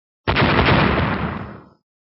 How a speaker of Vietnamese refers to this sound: Ngao Tổ vừa dứt lời, một tiếng nổ rầm trời liền phát ra trên đỉnh đầu của gã. Ngao Tổ nhìn lên thì thấy thiểm điện tím biếc dài hơn một trượng thình lình giáng xuống.